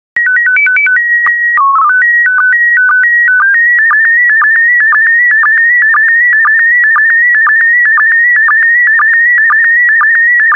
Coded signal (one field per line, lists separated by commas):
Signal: SSTV (slow-scan television)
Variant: PD 120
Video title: 86026 Oregon SSTV PD120